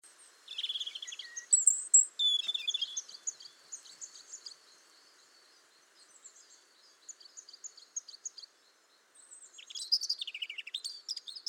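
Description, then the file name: European robin song: varied high warbling phrases with thin sliding whistles, a quieter stretch of faint twitters, then another bright tumbling burst. "Erithacus rubecula"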